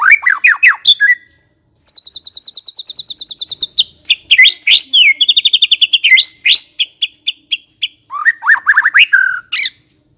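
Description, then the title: White-rumped shama song: fast descending whistles, then a long rapid high trill of repeated notes, followed by varied whistled phrases and a closing burst of slurred notes. Long-duration song used as a lure (pikat) for attracting birds. "Pikat Murai Batu Durasi Panjang"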